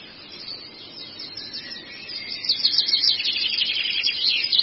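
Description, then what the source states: Long-tailed shrike song swelling from quiet twittering into loud, dense, buzzy chatter with rapid high trills. Used for training cage birds (masteran).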